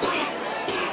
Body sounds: coughing mixed with background sound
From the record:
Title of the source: 64 coughing, allergies, singing lungs

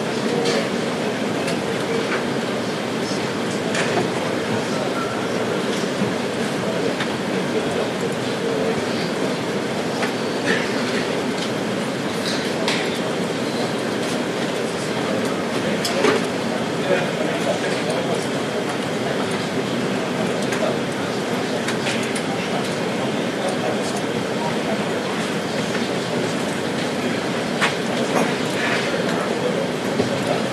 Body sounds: background sound without coughing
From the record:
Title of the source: Office Sounds Ambience - Background Noise for Study and Work

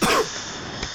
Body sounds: coughing mixed with background sound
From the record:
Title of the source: Coughing 46

